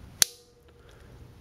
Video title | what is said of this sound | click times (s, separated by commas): ParaPull overview2.1 | slide it into the groove there and press firmly until you hear a nice solid click | 0.2 s